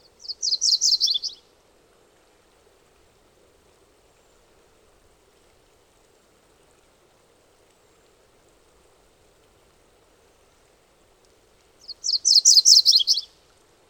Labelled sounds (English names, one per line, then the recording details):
MacGillivray's Warbler song
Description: MacGillivray's Warbler song recorded on the Cow Creek Trail in Rocky Mountain National Park
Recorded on 22 June 2015